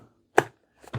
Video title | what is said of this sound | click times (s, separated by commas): Roborock Qrevo CurvX Robot Vacuum & Mop Deep Dive - Real-World Results & How to Keep It Like New | Kind of clicks into place. | 0.4 s